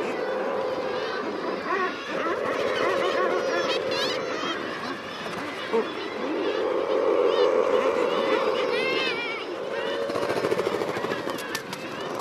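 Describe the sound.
Common murre colony roar of overlapping purring groans, swelling and fading, with scattered higher seabird cries throughout.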